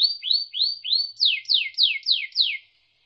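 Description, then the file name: Canary song: a run of four rising whistled notes, then five quick downward-sweeping notes, all high-pitched and clean. Canary song used for training (isian) other birds. "suara kenari isian omkicau"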